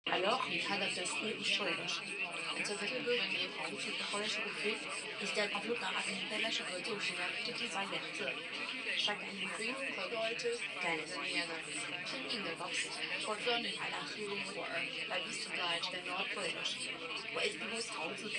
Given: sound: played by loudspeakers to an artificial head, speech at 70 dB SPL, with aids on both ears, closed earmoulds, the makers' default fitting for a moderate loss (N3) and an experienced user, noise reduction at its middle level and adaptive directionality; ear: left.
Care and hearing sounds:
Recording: speech test signal (ISTS) in cocktail-party noise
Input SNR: +3 dB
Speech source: on the right (90 degrees)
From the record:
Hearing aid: class 2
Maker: I

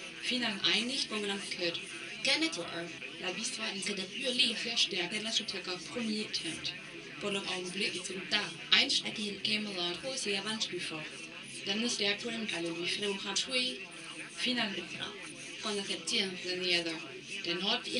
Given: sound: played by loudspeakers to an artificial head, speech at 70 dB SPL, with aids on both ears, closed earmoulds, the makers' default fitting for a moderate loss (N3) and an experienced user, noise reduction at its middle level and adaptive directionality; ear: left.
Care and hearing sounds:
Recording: speech test signal (ISTS) in cocktail-party noise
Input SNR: +9 dB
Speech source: on the right (90 degrees)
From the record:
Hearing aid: class 2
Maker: B

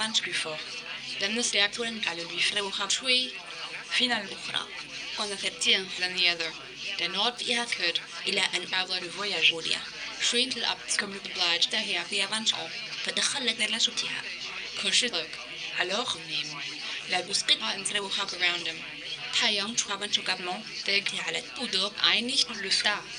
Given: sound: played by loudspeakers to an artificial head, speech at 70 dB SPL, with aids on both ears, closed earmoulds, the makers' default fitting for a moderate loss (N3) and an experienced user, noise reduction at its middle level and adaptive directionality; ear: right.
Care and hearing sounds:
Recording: speech test signal (ISTS) in cocktail-party noise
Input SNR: +9 dB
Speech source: in front (0 degrees)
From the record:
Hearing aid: class 2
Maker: A

